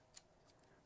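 An eject pin is pushed into the pinhole at the top of a Samsung Note 20 smartphone to release its SIM card tray. A short, sharp tick is heard at 0.2 s, followed by a much fainter tick around 0.6 s. The SIM card tray pops out.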